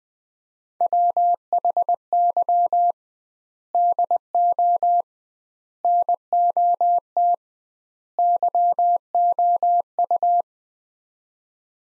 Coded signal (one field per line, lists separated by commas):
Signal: Morse code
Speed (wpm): 21 wpm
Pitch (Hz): 700 Hz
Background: none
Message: WHY DO NOT YOU